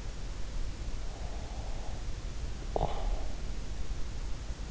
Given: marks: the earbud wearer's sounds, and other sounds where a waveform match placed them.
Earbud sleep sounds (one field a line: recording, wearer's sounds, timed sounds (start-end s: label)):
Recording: sounds in sleep by an in-ear microphone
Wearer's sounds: breath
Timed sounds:
1.05-3.44 s: breath